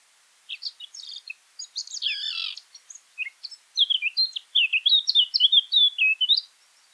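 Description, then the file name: Eurasian blackcap singing a quiet scratchy warble that bursts into a run of loud, clear, fluting whistled notes. "Sylvia atricapilla"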